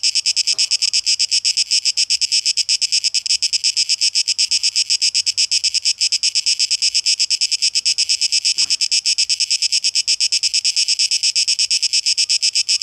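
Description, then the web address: Cicada song, an intense, rapidly pulsing buzz that never lets up, with a couple of faint clicks in the background. Cicadas in a tape echo mix, dated 12 August 2023. "rauschpartikel Audio 2023-08-12 Zikaden"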